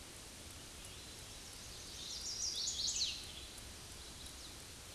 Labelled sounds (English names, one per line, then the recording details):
Chestnut-sided Warbler song
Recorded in a Pennsylvania forest on 18 May 2023 at 09:05
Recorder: AudioMoth, point grid1_16_low
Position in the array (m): 213 m, 134 m